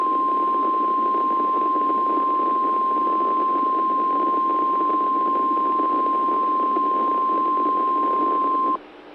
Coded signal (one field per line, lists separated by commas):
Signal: Emergency Alert System (SAME) tones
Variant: 1050 Hz attention tone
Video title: Real EAS #303 - Required Weekly Test